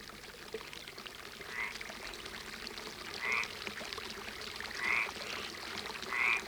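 Frogs croak in short, high calls that repeat about every second and a half, over a steady wash of trickling water with no voices, at a water basin in fields below the park of Château Beaulieu near Puy-Ricard, Provence, on a summer evening.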